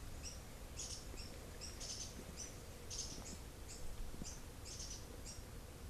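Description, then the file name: Bird calls: a steady series of brief, high-pitched chirps over low background noise. "SABIOD 50 bird 2015"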